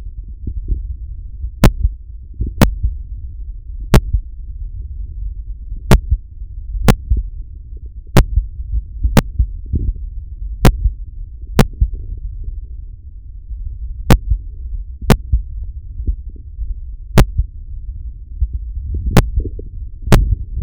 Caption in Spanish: Auscultación cardiaca del paciente en la que se escucha una marcada bradicardia con ritmo irregular y momentos de pausa prolongada.